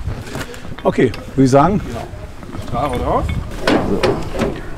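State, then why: Not seated. A rubberised hose coupling is handled at the fitting at the front of a fire turntable ladder's rescue basket; this sturdier rubberised hose is used there because it takes a higher load. Someone talks throughout with some handling noise. The clip ends before the coupling goes home, and nothing has seated or clicked yet.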